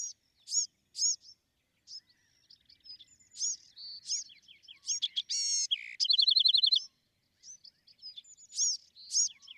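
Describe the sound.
Bewick's wren, song: a few scattered high chips and soft notes, then a loud burst with a rasping buzz and rapid trill, followed by more spaced chips.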